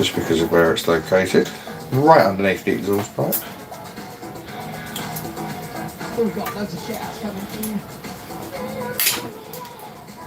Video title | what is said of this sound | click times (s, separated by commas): WRENCHING & WAFFLING - #baja 5b/5t fitting new 20t/54t spur and pinion gear #live | that wasn't seated very well let's try that again here we go | 9.0 s